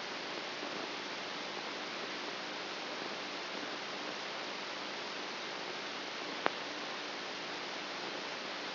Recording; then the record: brain microelectrode recording played as sound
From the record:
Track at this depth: inside the subthalamic nucleus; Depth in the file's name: 1.24 mm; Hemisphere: right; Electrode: 2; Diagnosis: Parkinson's disease